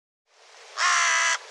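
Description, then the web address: Bird giving a single harsh, hoarse caw lasting about half a second, preceded by a faint hiss. "cianscape birddata Deverinetal 2025"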